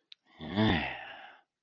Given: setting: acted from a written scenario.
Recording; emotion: vocal sound without words; desire